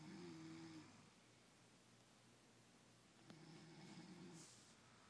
Sleeping in a hotel room with snoring freaks.